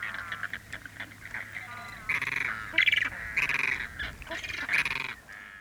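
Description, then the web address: Flamingo flock giving harsh, nasal calls, quieter at first and then swelling into repeated loud bursts. Flamingos recorded in Chile in light wind gusts. "Chile sound library by Faunethic. Flamingo birds in large perspective light wind gust"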